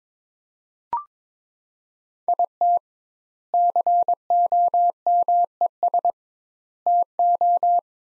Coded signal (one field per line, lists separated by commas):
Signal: Morse code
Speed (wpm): 22 wpm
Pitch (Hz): 700 Hz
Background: none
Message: IT COMES TO